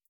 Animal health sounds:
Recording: hydrophone in a shrimp aquaculture tank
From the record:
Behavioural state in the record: feeding

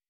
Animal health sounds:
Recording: hydrophone in a shrimp aquaculture tank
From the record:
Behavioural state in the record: weakened

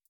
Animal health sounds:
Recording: hydrophone in a shrimp aquaculture tank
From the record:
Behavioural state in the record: feeding

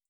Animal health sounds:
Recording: hydrophone in a shrimp aquaculture tank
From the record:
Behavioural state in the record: feeding

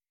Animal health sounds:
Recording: hydrophone in a shrimp aquaculture tank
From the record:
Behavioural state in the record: weakened

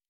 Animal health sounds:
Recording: hydrophone in a shrimp aquaculture tank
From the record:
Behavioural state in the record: normal

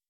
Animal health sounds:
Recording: hydrophone in a shrimp aquaculture tank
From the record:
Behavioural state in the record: weakened

